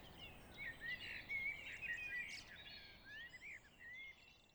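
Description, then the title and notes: Common blackbird song: mellow fluted warbling phrases in a mid pitch, rising and falling, over a busy chorus of thin high twittering from other birds and steady background hiss. Several blackbirds singing among other birds in the early evening, in a valley clearing at Trégastel, France, April 2019; recorded with an ORTF stereo microphone pair. "Vallée des Traouiero, Trégastel, France - Blackbirds, Evenings birds in the valley [Valley Traouïero]. yponomeutaneko"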